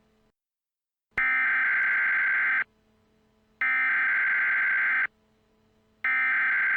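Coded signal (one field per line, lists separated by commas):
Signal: Emergency Alert System (SAME) tones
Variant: header bursts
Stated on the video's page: Fictional EAS scenario made for fun; the SAME tones may or may not be valid, but are assumed valid.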